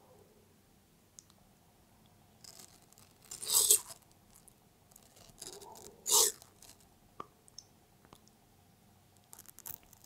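A pet tortoise eats watermelon, with two loud wet squishy bites near four and six seconds and faint clicks between quiet stretches.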